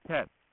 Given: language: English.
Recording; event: throat vibration sensor signal played as sound; speech